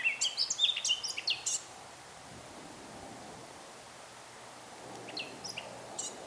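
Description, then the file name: Eurasian blackcap giving a quick burst of scratchy, varied high notes for about a second and a half, then near silence with a few soft chirps later. "Sylvia atricapilla"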